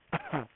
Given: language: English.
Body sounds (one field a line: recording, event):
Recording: throat vibration sensor signal played as sound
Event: cough